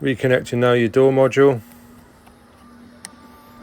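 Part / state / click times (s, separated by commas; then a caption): wiring plug into the car door control module / seated / 3.0 s. Someone talks as the wiring plug is reconnected to the door control module of a 2012 Skoda Superb during window winder work. After the talk, a low steady hum continues until a single short click at 3.0 s as the connector latches and seats.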